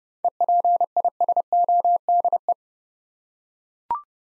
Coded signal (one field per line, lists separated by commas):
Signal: Morse code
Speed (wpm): 30 wpm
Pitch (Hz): 700 Hz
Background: none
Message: EPISODE